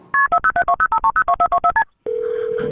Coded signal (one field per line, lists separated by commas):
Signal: multi-frequency trunk signalling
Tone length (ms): 70 ms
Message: KP407205302424STP